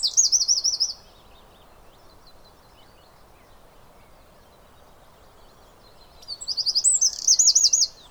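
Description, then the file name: Eurasian wren giving two short bursts of high, rapid trilled song, one at the start and one near the end, separated by several seconds of quiet hiss. "Troglodytes troglodytes"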